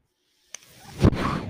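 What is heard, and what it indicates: A sharp valve click, then a swelling rush of air: a person's own mechanical ventilator pushing in a breath.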